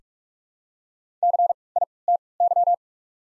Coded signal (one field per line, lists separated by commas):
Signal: Morse code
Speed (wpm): 46 wpm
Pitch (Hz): 700 Hz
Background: none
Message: C I T Y